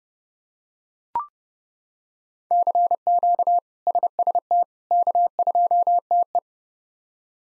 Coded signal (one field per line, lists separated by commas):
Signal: Morse code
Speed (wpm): 30 wpm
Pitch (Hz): 700 Hz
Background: none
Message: CQ SST K2TE